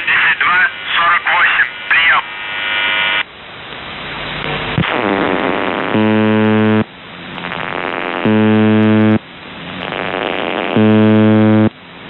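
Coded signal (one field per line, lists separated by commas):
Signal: channel marker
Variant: UVB-76 (The Buzzer)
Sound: garbled voice over static, then three harsh low buzzes about a second each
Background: radio static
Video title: The Buzzer/UVB-76(4625Khz) June 4th, 2023 12:37UTC Voice message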